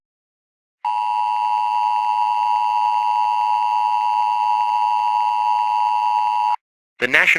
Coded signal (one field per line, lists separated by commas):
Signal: Emergency Alert System (SAME) tones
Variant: 853 and 960 Hz attention tone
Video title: (FIXED VER) Eas scenario: The ef6 tornado incident